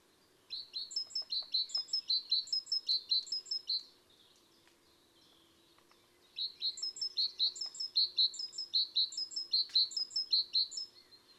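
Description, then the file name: Great tit with two bursts of rhythmic two-note phrases, steadily repeated, separated by a quiet pause of roughly two and a half seconds. "Parus major"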